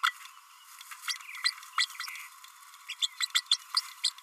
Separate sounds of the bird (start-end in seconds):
0.03-0.14, 1.07-1.16, 1.44-1.51, 1.77-1.87, 2.88-2.95, 3.01-3.08, 3.20-3.27, 3.34-3.42, 3.51-3.57, 3.76-3.81, 4.03-4.10